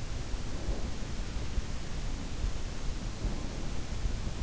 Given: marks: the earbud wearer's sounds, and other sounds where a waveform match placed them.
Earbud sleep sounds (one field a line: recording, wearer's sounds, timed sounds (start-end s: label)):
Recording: sounds in sleep by an in-ear microphone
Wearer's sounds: breath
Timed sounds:
0.28-1.44 s: breath
2.80-3.83 s: breath